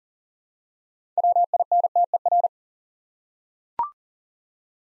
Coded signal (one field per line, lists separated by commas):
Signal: Morse code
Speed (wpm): 40 wpm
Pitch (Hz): 700 Hz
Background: none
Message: WINTER